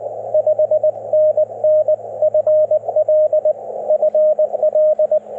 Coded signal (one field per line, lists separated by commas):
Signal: Morse code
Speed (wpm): 20 wpm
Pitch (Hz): 600 Hz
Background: radio noise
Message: 5NN FL FL